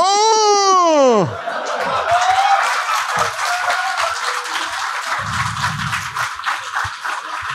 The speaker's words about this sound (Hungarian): Tudtam, hogy taps lesz a vége, olyan kurvára kiszámíthatóak vagytok, basszátok meg.